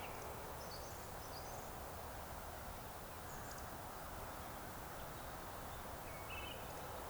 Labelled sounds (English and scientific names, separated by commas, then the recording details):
Eurasian Woodcock (Scolopax rusticola) whistle
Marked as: whistle, whistle, woodcock
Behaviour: display flight
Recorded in Baden-Württemberg, Germany, on 3 June 2021 at 19:39 UTC
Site 45499, 200 m above sea level